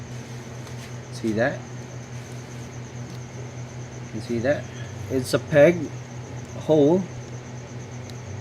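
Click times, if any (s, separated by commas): 8.1 s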